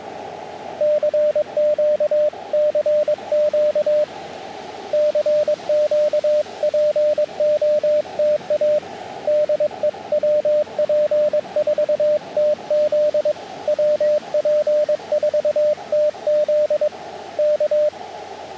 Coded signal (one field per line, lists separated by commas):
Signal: Morse code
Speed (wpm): 22 wpm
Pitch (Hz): 600 Hz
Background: radio noise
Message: CQ CQ CQ POTA DE WP4TZ WP4TZ K